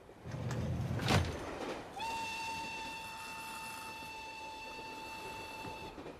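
A moving train rumbles steadily, with a brief loud rush about a second in, then a long, steady high whistle tone sounding over the clatter until nearly the end.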